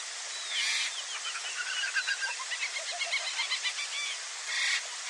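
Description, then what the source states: Birds calling over one another, a whistled slur then a long fast chattering trill, bracketed by short hissing bursts and steady background hiss. Many birds calling together.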